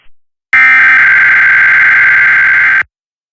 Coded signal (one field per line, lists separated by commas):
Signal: Emergency Alert System (SAME) tones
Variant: header bursts